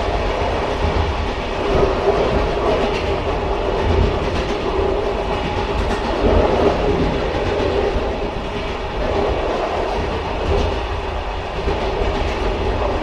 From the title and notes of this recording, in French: Voyage en train. Au coeur de magnifiques paysages montagneux.